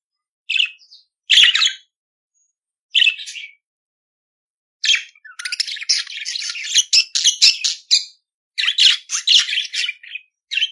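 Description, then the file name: Budgerigar song: a few separate buzzy chirps, then several seconds of continuous fast chattering, squeaks and grating notes. "Canto do periquito australiano"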